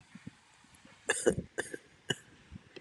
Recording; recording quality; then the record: heavy voluntary cough; excellent, no background noise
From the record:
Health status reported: recovered from COVID-19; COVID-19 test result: negative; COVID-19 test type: rapid antigen test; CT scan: not taken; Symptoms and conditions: none ticked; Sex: male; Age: 21 years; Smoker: no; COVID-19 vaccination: both doses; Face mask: worn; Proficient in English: yes